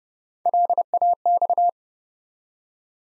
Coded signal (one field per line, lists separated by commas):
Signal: Morse code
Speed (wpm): 30 wpm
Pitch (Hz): 700 Hz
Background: none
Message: LAX